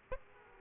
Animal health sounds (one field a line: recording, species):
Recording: mosquito wingbeat signal from an infrared sensor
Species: Aedes aegypti